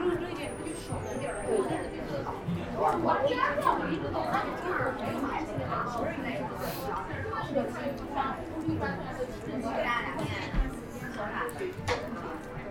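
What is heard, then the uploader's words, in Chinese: Several voices talk at once in a steady, crowded murmur, the chatter overlapping without pause throughout. A few sharper clicks and clatters stand out, notably near the seventh and tenth seconds, and a faint high whistle-like tone drifts in during the first two seconds. 去香饵胡同吃小面｜城市声音。下午。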